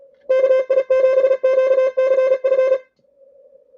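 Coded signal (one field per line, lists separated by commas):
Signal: Morse code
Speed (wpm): 36 wpm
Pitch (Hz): 2600 Hz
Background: none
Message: KI7QCF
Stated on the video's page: ARRL International DX Contest CW traffic.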